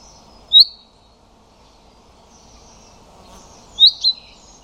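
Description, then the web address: Common chaffinch calls: one sharp metallic note, then after a pause a doubled note, with soft high chirps faintly behind. "Deverinetal 2025"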